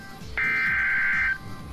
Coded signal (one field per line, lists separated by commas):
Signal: Emergency Alert System (SAME) tones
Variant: header bursts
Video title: EAS Tone Decoding Tutorial (Redux)